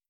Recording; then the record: hydrophone in a shrimp aquaculture tank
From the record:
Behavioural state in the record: starved